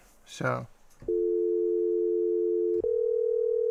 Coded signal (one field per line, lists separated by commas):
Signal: telephone call progress tone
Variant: North America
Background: speech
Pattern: dial tone